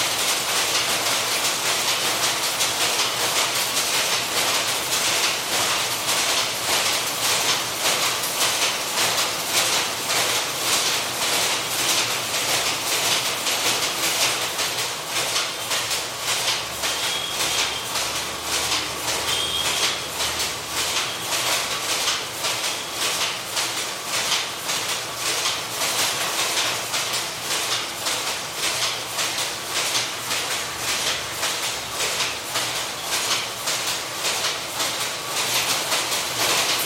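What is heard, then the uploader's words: Powerlooms clatter in a fast, regular mechanical rhythm, a dense stream of sharp beats that barely changes over the whole recording. The sound is bright and hissing, with a faint low hum underneath and a few brief higher tones around the middle. Powerlooms of Cubbonpete. Walking through the Cubbonpete with two shoulder-mounted condenser mics and a field recorder in my backpack, I was able to capture the sounds of several power-loom industries located in the tiny back-roads. Recorded in Bangalore, India by Ishan Gupta.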